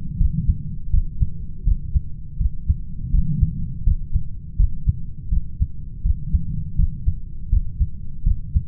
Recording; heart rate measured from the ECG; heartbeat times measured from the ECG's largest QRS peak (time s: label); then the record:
heart sounds by stethoscope; 82 bpm
0.18 s: heartbeat
0.91 s: heartbeat
1.64 s: heartbeat
2.38 s: heartbeat
3.11 s: heartbeat
3.84 s: heartbeat
4.57 s: heartbeat
5.30 s: heartbeat
6.03 s: heartbeat
6.76 s: heartbeat
7.50 s: heartbeat
8.24 s: heartbeat
From the record:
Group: heart failure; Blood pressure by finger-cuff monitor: 92/61 mmHg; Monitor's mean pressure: 72 mmHg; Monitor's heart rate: 82 bpm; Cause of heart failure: ischemic heart disease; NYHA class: 2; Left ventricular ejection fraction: 34%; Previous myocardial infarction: present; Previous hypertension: absent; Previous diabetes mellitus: present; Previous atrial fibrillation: absent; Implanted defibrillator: absent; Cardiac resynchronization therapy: absent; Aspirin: absent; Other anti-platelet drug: present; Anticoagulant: apixaban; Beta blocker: bisoprolol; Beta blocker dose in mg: 10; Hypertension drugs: sacubitril-valsartan, spironolactone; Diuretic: furosemide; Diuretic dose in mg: 40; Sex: male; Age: 57 years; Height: 149 cm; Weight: 44.5 kg